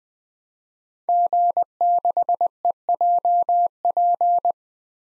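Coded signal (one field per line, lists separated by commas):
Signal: Morse code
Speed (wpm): 20 wpm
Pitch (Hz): 700 Hz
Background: none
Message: G6EJP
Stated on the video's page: Morse practice at 20 wpm of 5-character DXCC-100 call signs, each sent, spoken, then sent again for head-copy.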